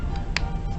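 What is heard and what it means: A final plastic snapping cube is pressed onto a stack of other snapping cubes in a built cube model, over a steady background of music. A sharp, bright click sounds at 0.4 s as the cube seats in place.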